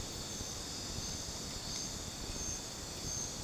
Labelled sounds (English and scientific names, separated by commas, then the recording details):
none
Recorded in dense forest near Puerto Asís, Putumayo, Colombia, on 13 March 2025 at 23:30
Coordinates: 0.486, -76.317
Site G053